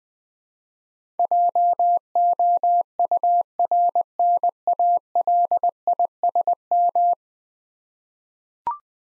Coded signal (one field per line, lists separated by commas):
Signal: Morse code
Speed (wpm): 20 wpm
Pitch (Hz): 700 Hz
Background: none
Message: JOURNALISM